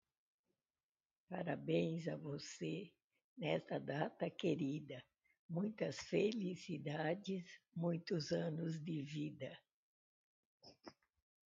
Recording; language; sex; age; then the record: short text; Brazilian Portuguese; female; 80 to 89 years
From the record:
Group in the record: control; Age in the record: 86 years